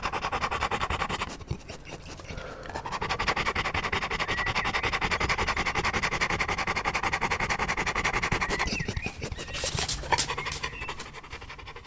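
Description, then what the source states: Dog panting in rapid, regular breathy huffs, several a second, with brief pauses and some scratchy rustling. Panting; 25 April 2009.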